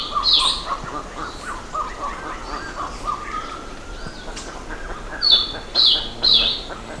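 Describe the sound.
Birds chattering in a busy background, with a harsh high squawk at the start and a run of three loud squawks near the end.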